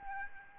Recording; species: mosquito wingbeat signal from an infrared sensor; Aedes albopictus